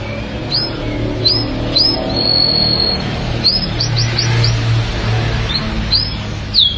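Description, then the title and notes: Canary song with scattered rising chirps, one sustained high whistle and a short burst of quick notes over a steady low hum. "BM Suara Kenari. BM Suara Burung Kenari"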